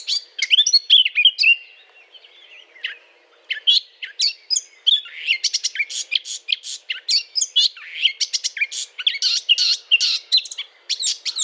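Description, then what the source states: Eurasian blackcap song, a long run of rapid scratchy and fluty warbled notes with short pauses, dense and varied throughout. Courtship song; 20 April 2009.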